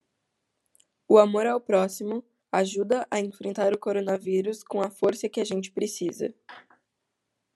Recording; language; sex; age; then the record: spoken sentence; Brazilian Portuguese; female; 18 to 19 years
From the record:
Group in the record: control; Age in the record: 18 years